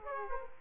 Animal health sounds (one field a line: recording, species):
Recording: mosquito wingbeat signal from an infrared sensor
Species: Aedes aegypti